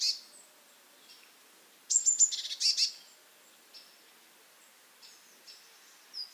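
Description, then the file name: Eurasian blue tit call, opening with a short high note, then a burst of thin notes and buzzy churring, trailing off into scattered faint high notes. "Cyanistes caeruleus"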